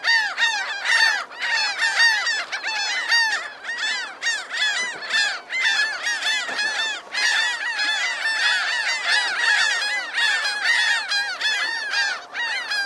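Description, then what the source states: Gull: a big flock of gulls calls nonstop, overlapping squealing cries rising and falling in loudness, with no other clear sounds. Large flock of seagulls calling at the ocean.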